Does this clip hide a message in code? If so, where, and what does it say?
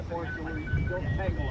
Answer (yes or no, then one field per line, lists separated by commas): no